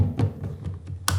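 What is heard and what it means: A camera battery, earlier released with the side button, is slid back into the battery plate of a Shimbol ZO600M wireless monitor, with a few soft taps and scrapes along the way. It latches home with a sharp, loud click at 1.1 s, and the battery is seated.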